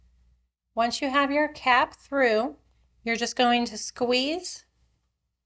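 A plastic snap cap has been poked through the fabric tab of a sewn bag, ready for the stud to be squeezed onto it. Someone talks throughout, with no sharp hit heard. Nothing has seated or clicked yet.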